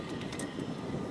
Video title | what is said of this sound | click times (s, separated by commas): Drop Zone 2015 | reset he's going to push forward there's a handle he's going to hear a click there | 0.4 s